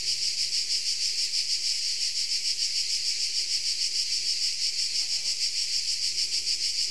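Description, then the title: Insects in a steady high buzzing chorus, pulsing roughly three times a second. Insects in Tuscany. "Under Tuscan Bugs"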